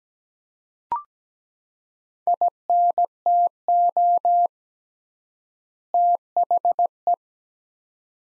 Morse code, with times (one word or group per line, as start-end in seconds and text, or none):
2.3-4.5 INTO
5.9-7.1 THE